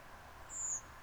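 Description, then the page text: Redwing flight call: a single thin, very high, drawn-out seep, even in pitch and lasting about a quarter second, over a soft background hiss. Nocturnal flight call of a migrating redwing, recorded at night in Poole, Dorset, England, 30 October 2016. "Redwing Turdus iliacus Poole, Dorset, England. Paul Morton)"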